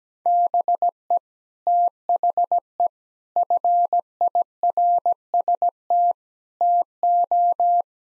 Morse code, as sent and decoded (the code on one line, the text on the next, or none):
-... . / - .... . / ..-. .. .-. ... - / - ---
BE THE FIRST TO